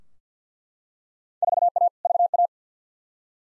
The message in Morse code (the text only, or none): 4A VA